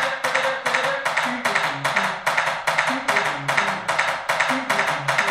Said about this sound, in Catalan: what we are doing is what we call recreational drumming